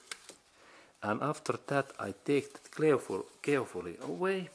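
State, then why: Seated. After cleaning, the engine oil dipstick of a 2008–2018 Lexus LS460 with the 4.6 V8 is pushed all the way into its dipstick tube, because it must go fully in. It clicks home at 0.1 s as the handle seats, with a second, fainter tick at 0.3 s. Someone then talks.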